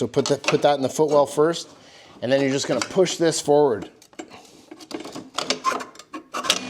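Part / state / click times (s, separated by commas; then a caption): plastic belly pan protector into snowmobile chassis footwell / seated / 6.5 s. A plastic Ledger Performance belly pan protector for a Ski-Doo 850 is set in the footwell and pushed forward onto the snowmobile chassis while someone talks. Several sharp plastic knocks and clacks follow from about 4.2 s, and the protector snaps into place at 6.5 s with a loud, crisp click.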